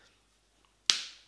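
A plastic buckle lace lock on an Air Jordan 6 "Gatorade" sneaker is pushed back into place after a struggle. After near silence and a faint tick at 0.7 s, one sharp, loud snap at 0.9 s rings out and fades over about 0.4 s. The buckle clicks back into place and is seated.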